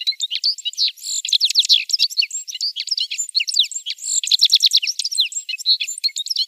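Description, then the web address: Citril finch song, a fast, continuous jingling twitter of high chirps and buzzy notes running throughout. "Schulze Peter Citril Finch song"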